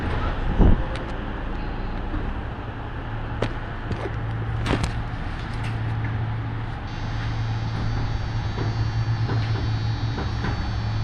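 A ride on the Yoro Railway: a steady low motor hum and dense rolling rumble continue throughout. Sharp knocks break through at about 0.6, 3.5 and 4.7 seconds, with lighter clicks in between, and a faint high whine enters after seven seconds.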